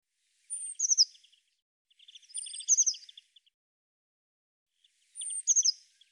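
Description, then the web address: Eurasian blue tit calls in three bouts, each a high thin note and falling notes over a lower, rapid buzzy chatter, starting about one and a half and then three seconds apart. Cleaned and normalized audio. "cianscape birddata Deverinetal 2025 File cleaned normalized Bird Cy Ca"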